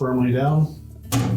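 The lower spray arm of an LG dishwasher, whose holder clip (part 4930DD3012A) is being replaced, is centred on the pump and pressed firmly down to lock it in place. Someone talks over background music, which drops quieter around 0.7 s before a sudden broad burst of sound at about 1.1 s. Nothing has seated or clicked yet; the arm is handled but not yet locked home.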